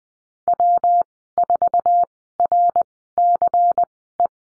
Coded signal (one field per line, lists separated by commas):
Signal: Morse code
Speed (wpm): 19 wpm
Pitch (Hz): 700 Hz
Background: none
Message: W4RCE